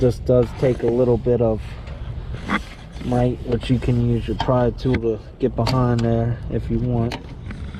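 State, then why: Released. Someone talks while the locking tab on a plastic wiring harness connector behind the radio unit of a Lexus RX, being worked on because the radio is not playing sound, is pried back, with a pry tool as an option, and lifted. The tab snaps open with a sharp click at 7.5 s, releasing the lock so the connector can pull straight out.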